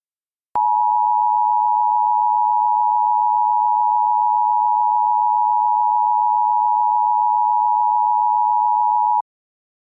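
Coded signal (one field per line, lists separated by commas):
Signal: Emergency Alert System (SAME) tones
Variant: 853 and 960 Hz attention tone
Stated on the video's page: Simulated EAS alert based on the game Cookie Run Kingdom story.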